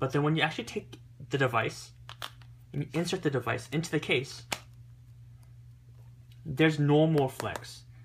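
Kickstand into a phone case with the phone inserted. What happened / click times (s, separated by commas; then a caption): Handled, not yet home: the kickstand has not snapped into the case / none. Someone talks while handling a phone case with an iPhone 6 Plus inserted, so the case no longer flexes, and a kickstand is being worked into it. Faint handling ticks come during a pause in the talk. Nothing has seated or clicked yet.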